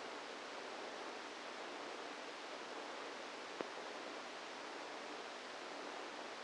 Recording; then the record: brain microelectrode recording played as sound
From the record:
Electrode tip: outside the subthalamic nucleus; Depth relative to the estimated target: 3 mm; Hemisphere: right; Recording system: NeuroSet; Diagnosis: Parkinson's disease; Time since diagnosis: 7 years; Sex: female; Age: 68 years